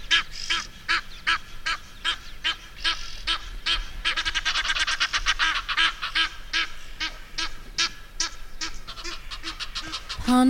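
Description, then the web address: Egyptian goose honking: harsh, nasal notes repeated rapidly in an uneven series, building to a dense burst of calls midway before spacing out again. "egyptian geese"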